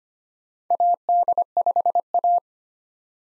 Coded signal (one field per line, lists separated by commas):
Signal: Morse code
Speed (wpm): 25 wpm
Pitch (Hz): 700 Hz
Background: none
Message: AD5A